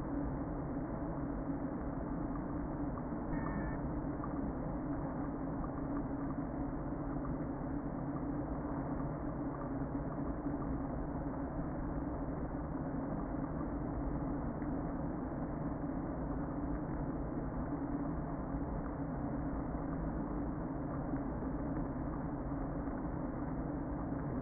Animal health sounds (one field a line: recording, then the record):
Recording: honeybee colony, microphone inside the hive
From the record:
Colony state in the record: queen present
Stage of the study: before two queens were removed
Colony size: about 60,000 bees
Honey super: yes